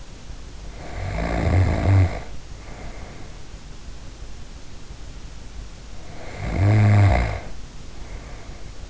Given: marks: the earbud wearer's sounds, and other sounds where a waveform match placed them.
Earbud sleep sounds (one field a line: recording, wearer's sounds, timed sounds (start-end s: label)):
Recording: sounds in sleep by an in-ear microphone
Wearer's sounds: snoring breath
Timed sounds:
0.56-3.41 s: snoring breath
6.03-8.90 s: snoring breath